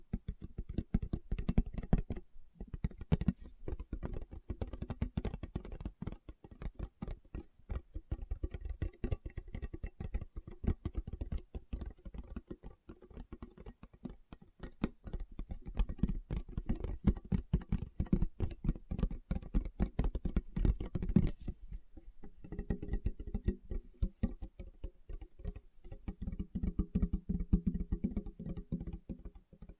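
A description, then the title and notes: Fingertips tap rapidly and densely for the whole half minute, a quick irregular patter of soft dull clicks with brief pauses near 2 and 21 seconds. ASMR Tapping with Fingertips (No Talking).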